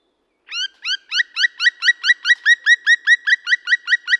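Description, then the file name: Black woodpecker giving a rapid series of ringing, slightly rising notes, a little slower at the start. "palokarki janerikbruun"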